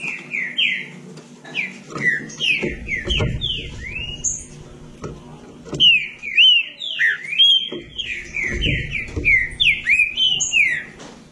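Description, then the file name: Green-winged saltator song: varied whistled phrases, slurring up and down, louder and denser in the second half, over a faint low hum. "canto do trinca ferro"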